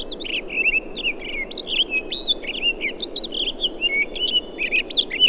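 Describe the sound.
Townsend's solitaire singing a continuous, rapid jumble of clear whistled and buzzy high notes, rich and varied throughout, with soft background hiss.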